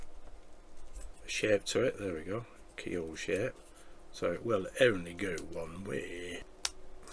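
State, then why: Seated. Someone talks while pressing plastic part 23D, which has a keyhole-shaped end so it only fits one way, into its socket in the engine nacelle of an AH-64 Apache helicopter model. A short, sharp click at 6.6 s marks the part seating, and it is confirmed pressed in place.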